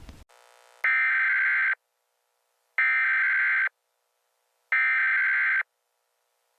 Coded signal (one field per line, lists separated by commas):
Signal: Emergency Alert System (SAME) tones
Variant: header bursts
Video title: VeeTV network EAS 2: Rainstorm Warning